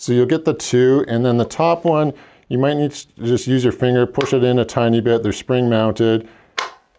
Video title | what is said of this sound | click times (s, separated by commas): Godox QTiii Studio Strobes Complete Walkthrough | You heard that click in there. | 6.6 s